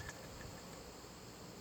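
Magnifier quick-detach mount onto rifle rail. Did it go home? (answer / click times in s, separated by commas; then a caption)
no / none. A Holosun HM3X detachable magnifier on its quick-detach mount is being put back onto a rifle rail behind a Holosun 503G ACSS red dot. Only a steady, faint, hissing background noise is heard, with no distinct impacts. Nothing has seated or clicked yet.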